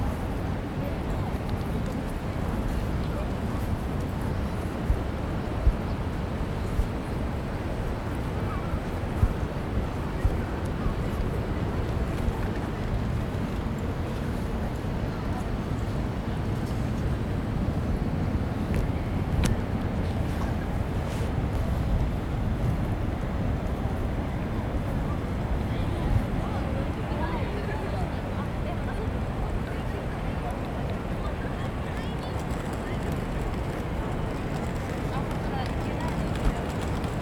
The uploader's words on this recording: Field-recorded at the plaza in front of Tokyo Sta. An ambient track arranged by kaolu_euphony from the sound materials field-recorded at several places in Tokyo.